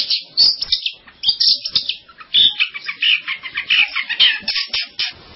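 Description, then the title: Long-tailed shrike song: a busy, varied run of high chirps, squeaky trills and scratchy notes, delivered almost without pause over about five seconds. "Kicau Burung Pentet"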